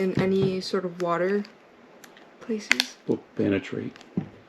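The plastic front shell of a waterproof case is being pressed onto its back shell around an iPhone 13 Pro while someone talks. A few faint, brief handling ticks are heard between the speech. The clip ends before the edge is home, and nothing has snapped shut or seated yet.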